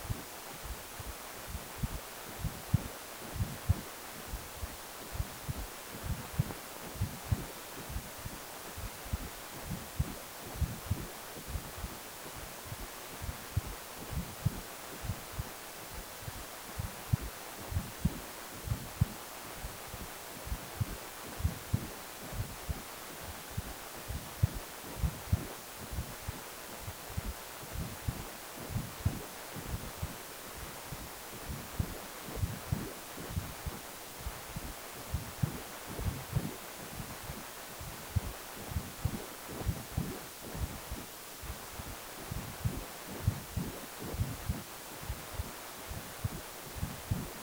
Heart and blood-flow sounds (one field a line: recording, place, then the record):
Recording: Doppler ultrasound of blood flow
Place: precordium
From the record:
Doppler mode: continuous wave and pulsed wave in the uncut recording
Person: healthy adult, 18 to 50 years, no heart murmur, not diving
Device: 2.5 MHz transducer